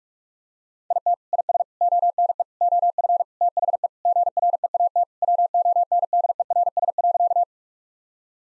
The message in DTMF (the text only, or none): none